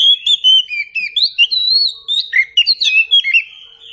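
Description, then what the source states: Oriental magpie-robin song, a continuous run of clear, varied whistles, slurred up and down and delivered in rapid, uneven phrases. Meant to prompt a bird to sing in reply.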